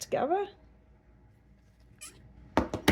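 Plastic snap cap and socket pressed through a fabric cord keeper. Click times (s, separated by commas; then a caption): 2.6 s, 2.9 s. A plastic KAM snap cap and socket are pressed through the fabric of a cord keeper with snap pliers, after someone talks briefly at the start. Sharp clicks land at 2.6 s and 2.9 s, with a softer tick between them, and the snap ends up seated and attached.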